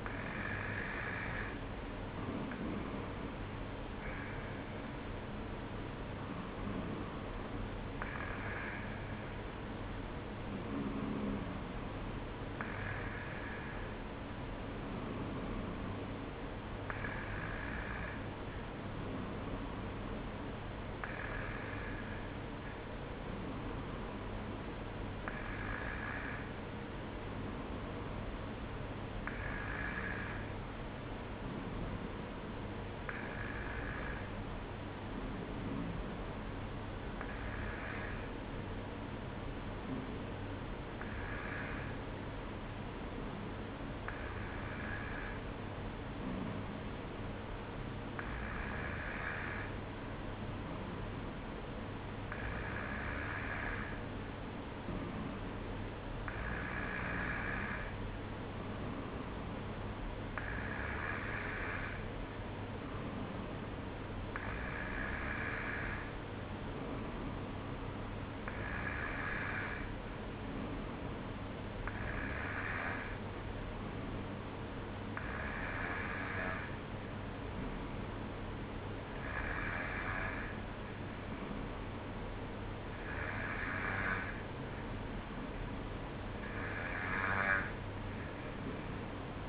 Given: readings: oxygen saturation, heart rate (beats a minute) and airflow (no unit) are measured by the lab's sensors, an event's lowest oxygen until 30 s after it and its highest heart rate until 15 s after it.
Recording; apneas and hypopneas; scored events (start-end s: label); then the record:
breathing in sleep by a voice recorder at the bedside; none
none scored
From the record:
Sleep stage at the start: N2 (light sleep); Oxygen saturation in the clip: 92 to 94%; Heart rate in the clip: 54 to 57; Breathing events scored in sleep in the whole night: 305 in 9.6 hours asleep